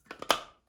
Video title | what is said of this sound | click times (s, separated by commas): 찬바람이 싸늘하게 불어오면, 삼립호빵 미니가습기 | 네, 이렇게 돌려주면 딸깍 소리가 나고요. | 0.3 s